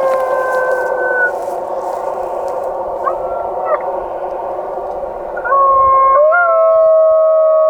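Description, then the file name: Golden jackals howling together, several sustained wails at different pitches over a rough hiss, with short upward bends and a louder wail starting toward the end. "Sciacallo dorato"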